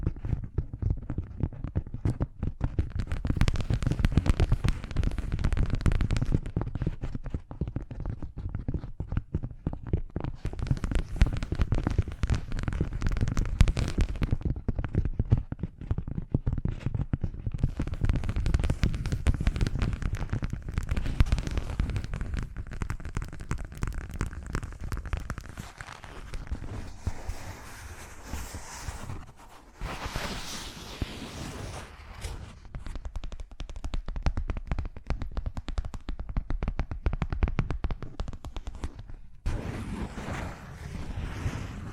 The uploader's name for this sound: ASMR Fast Changing Unpredictable Triggers